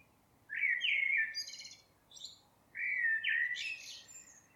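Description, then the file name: Common blackbird song: two phrases, each a low fluted warble sliding around a mid pitch, ending in a squeaky, scratchy high twitter. "Turdus merula"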